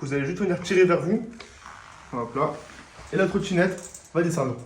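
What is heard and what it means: Someone talks while pulling the small tab on the folding stem of a VSETT 8 electric scooter and starting to lower the stem, with soft handling noises between the words. The folding stem latch has not clicked into the folded position yet.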